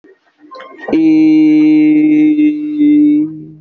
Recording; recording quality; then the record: sustained vowel as in beet; excellent, no background noise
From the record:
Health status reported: healthy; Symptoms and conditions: fever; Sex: male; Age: 23 years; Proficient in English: yes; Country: India